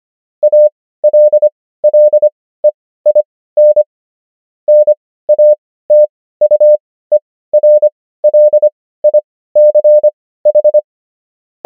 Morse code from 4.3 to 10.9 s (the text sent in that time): NATUERLICH